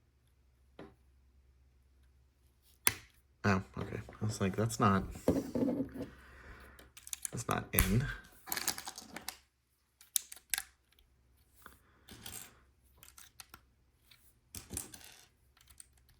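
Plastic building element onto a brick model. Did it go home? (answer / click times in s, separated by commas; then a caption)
no / none. During a LEGO Hogwarts Express Collectors' Edition train build, a plastic building element is handled against the brick model, with sharp plastic clicks and rattles while someone talks. Nothing has seated or clicked into place yet; the part is not yet home.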